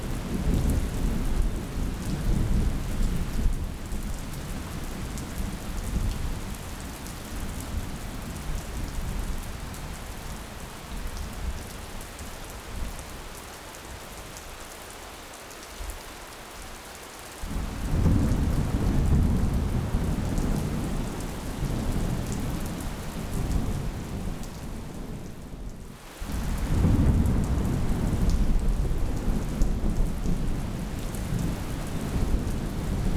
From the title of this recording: Sounds of the Monsoon Thunderstorm